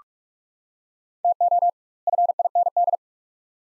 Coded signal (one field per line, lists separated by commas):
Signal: Morse code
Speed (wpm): 46 wpm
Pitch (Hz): 700 Hz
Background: none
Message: TO FIND